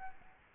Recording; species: mosquito wingbeat signal from an infrared sensor; Aedes albopictus